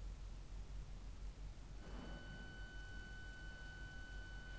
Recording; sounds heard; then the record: poultry house recording; no chicken sound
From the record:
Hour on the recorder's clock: 11